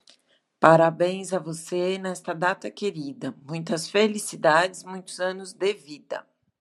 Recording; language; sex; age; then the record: short text; Brazilian Portuguese; female; 50 to 59 years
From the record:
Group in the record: control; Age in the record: 52 years